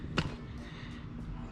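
While a high-angle CV boot is being installed on a Toyota Sequoia, the metal CV joint on the axle is slid into its housing. A single sharp knock sounds at 0.2 s as it locks in place, and low rustling and handling noise continue afterward. The joint is seated.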